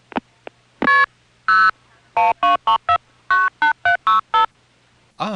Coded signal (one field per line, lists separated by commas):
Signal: multi-frequency trunk signalling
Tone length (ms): 140 ms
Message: KP 0 123498765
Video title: Southern California Phone Tapes 2: #5 Crossbar in Van Nuys, Summer 1974